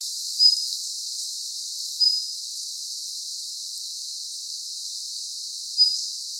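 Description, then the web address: Red-flanked bluetail calls: three brief, thin, high whistles spaced a few seconds apart over constant background hiss. 24 November 2016. "birdenaga ruribitaki 161124"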